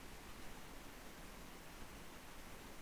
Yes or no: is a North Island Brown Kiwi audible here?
no